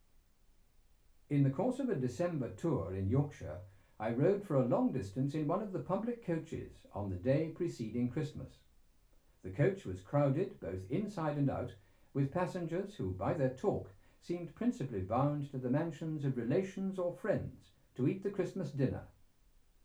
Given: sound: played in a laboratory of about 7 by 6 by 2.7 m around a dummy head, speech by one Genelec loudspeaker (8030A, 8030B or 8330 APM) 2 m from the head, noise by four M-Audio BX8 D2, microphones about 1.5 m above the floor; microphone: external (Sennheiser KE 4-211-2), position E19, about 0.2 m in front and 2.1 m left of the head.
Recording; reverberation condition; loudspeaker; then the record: male speech in English; low; 120 degrees to the left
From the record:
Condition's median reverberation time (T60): about 310 ms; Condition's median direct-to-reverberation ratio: about 3.5 dB